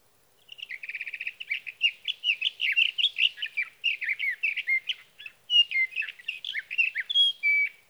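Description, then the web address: Sage thrasher starting with rapid repeated chattering notes, then pouring out a long, rambling warble of mixed whistles and slurs, with one short break. "birdsongforthecurious Sage Thrasher"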